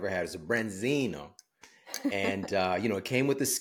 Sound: laughter